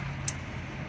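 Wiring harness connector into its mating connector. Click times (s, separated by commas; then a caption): 0.3 s. Two halves of a wiring harness connector on a street rail (dune buggy) are pushed together into their mating connector. A sharp, bright snap is heard at 0.3 s over a steady low hum. The connector is confirmed seated.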